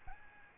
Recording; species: mosquito wingbeat signal from an infrared sensor; Aedes albopictus